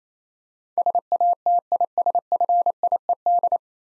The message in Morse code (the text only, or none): SATISFIED